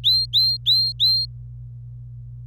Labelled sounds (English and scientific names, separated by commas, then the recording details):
Domestic Canary (Serinus canaria) song
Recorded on 26 April 2018 at 10:52
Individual llb3